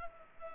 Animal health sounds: mosquito wingbeat signal from an infrared sensor; Culex pipiens

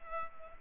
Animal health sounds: mosquito wingbeat signal from an infrared sensor; Culex pipiens

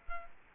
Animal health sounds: mosquito wingbeat signal from an infrared sensor; Culex quinquefasciatus

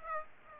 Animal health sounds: mosquito wingbeat signal from an infrared sensor; Aedes aegypti

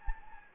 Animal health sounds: mosquito wingbeat signal from an infrared sensor; Anopheles gambiae

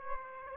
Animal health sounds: mosquito wingbeat signal from an infrared sensor; Aedes aegypti

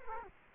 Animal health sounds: mosquito wingbeat signal from an infrared sensor; Culex quinquefasciatus

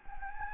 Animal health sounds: mosquito wingbeat signal from an infrared sensor; Anopheles gambiae

